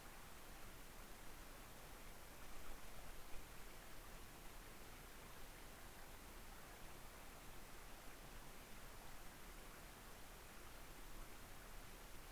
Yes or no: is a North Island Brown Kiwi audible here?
no